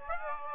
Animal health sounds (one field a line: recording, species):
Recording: mosquito wingbeat signal from an infrared sensor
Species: Aedes aegypti